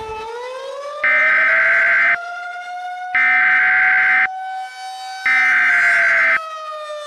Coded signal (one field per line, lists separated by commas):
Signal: Emergency Alert System (SAME) tones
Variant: header bursts